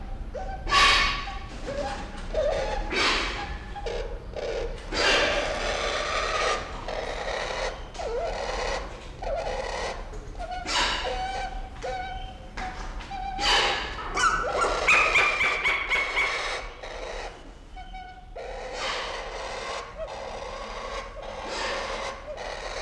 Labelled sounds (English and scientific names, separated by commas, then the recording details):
White-crowned Hornbill (Berenicornis comatus) call
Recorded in captivity
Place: Zoo Berlin, Berlin, DE
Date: 1992-07-11 11:35
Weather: bedeckt, z.T. Regen, 17-22°C
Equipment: Marantz CP 430, Sennheiser ME 80, Kopie Tesla B 116
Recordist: Tembrock, Günter